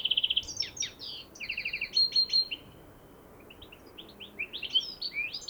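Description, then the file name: European goldfinch, quick tinkling notes and buzzy trills, a short lull, then softer twittering chirps picking up again. "Carduelis carduelis"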